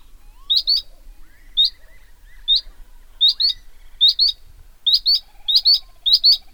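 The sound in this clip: Bluethroat giving crisp high notes, single and in pairs, repeated at uneven intervals and quickening toward the end.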